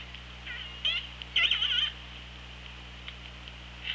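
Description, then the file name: Orca calls, two bursts of wavering harmonic squeals in quick succession, followed by faint isolated squeaks against continuous background hiss. OrcaLab hydrophone, underwater, 24 August 2017, 15:41:23. "Orca Lab UTLN JASON 20170824 154123"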